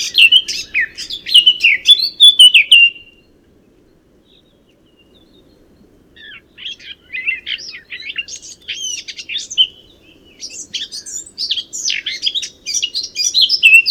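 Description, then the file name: Eurasian blackcap warbling song: a quick bubbly phrase, a few seconds of silence, then a longer run of varied twittering and whistled notes to the end. "Sylvia atricapilla"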